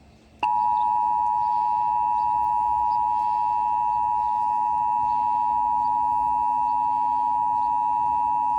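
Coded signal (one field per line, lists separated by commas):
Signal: Emergency Alert System (SAME) tones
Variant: 853 and 960 Hz attention tone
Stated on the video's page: Severe weather EAS alerts received while traveling.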